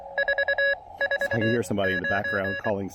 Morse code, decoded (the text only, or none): 449